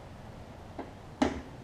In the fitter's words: get everything situated locked in perfect